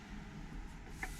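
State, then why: Seated. In a 2018 Adria Twin 640 SL motorhome, the leaf of the rotating table extension is swung back into the lounge table over a steady low rumble. At 1.0 s it locks into place with a short, sharp click, and the extension is seated.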